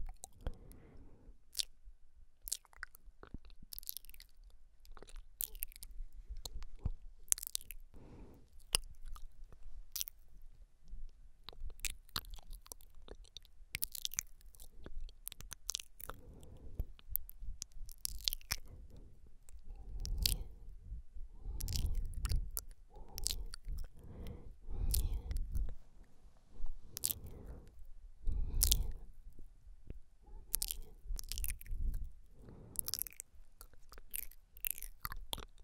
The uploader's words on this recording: ASMR MOUTH SOUNDS IN YOUR EARS.